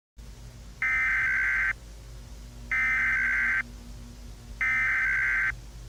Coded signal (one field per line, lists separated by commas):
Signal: Emergency Alert System (SAME) tones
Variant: header bursts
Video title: [EAS MINI-SCENARIO] MILLENNIUM MALFUNCTION